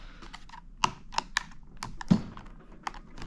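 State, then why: Seated. A plastic screen bezel is pressed back onto a Chromebook laptop lid, its clips going home one after another with sharp, short plastic snaps at 0.8, 1.2, 1.4, 1.8, 2.0 and 2.9 seconds over faint background noise. The bezel snaps fully into place.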